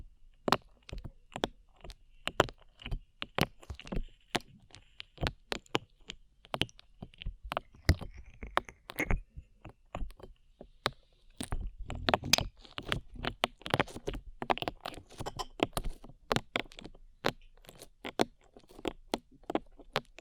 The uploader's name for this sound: ASMR SLIME